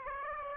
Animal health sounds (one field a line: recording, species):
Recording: mosquito wingbeat signal from an infrared sensor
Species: Aedes aegypti